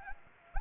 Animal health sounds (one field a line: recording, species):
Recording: mosquito wingbeat signal from an infrared sensor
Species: Anopheles gambiae